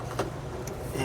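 A plastic dash trim panel on a Cadillac CTS, already pried loose at its snaps with a flat screwdriver, is tugged out of the dashboard. Two short pops at 0.2 s and 0.7 s mark its last two retaining clips releasing over a steady low background hum. The panel comes free.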